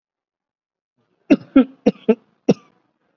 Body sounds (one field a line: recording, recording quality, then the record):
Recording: heavy voluntary cough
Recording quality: excellent, no background noise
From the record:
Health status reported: COVID-19 positive, mild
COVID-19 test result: positive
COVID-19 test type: RT-PCR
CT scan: not taken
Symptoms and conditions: diabetes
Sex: male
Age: 29 years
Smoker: no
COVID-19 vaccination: none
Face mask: not worn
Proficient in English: yes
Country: India